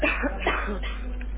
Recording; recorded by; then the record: voluntary cough; telephone call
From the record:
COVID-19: positive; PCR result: checked with the laboratory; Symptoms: no